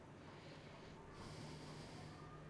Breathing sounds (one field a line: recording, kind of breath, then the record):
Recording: one breath in and out by a microphone near the nose and mouth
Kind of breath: normal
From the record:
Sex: male